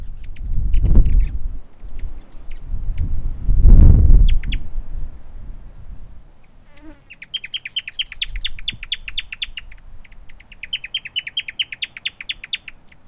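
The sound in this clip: Newtonia: a fast dry chip series building into a long steady trill in the second half, preceded by loud low rumbling, with thin high whistles behind.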